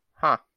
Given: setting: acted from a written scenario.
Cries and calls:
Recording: vocal sound without words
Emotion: neutral

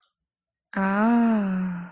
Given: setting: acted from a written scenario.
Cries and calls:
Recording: vocal sound without words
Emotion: interest

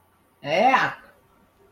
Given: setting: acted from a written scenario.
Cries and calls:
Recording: vocal sound without words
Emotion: disgust

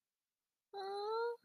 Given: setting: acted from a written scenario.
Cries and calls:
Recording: vocal sound without words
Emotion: confusion

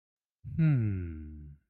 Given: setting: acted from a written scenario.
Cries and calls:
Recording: vocal sound without words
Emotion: contentment

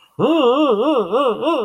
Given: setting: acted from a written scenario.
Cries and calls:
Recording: vocal sound without words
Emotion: distress

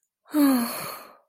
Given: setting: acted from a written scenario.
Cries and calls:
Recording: vocal sound without words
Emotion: relief

